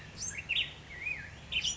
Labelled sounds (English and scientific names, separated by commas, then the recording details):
Black-headed Grosbeak (Pheucticus melanocephalus)
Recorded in Sonoma County, California